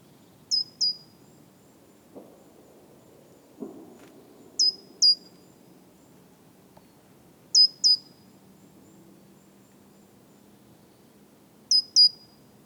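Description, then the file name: Great tit calls: high, thin paired notes, given four times a few seconds apart, with a few soft low knocks between. "Parus major"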